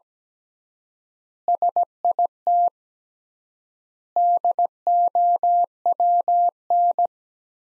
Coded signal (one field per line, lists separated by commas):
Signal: Morse code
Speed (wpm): 17 wpm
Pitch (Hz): 700 Hz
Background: none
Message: SIT DOWN